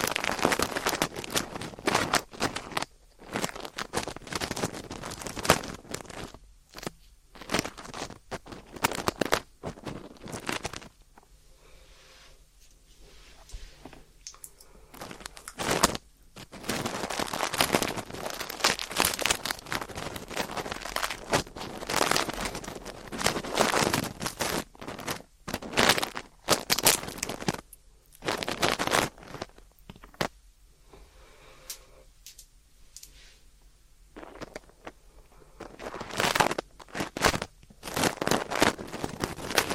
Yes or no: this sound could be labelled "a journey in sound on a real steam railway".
no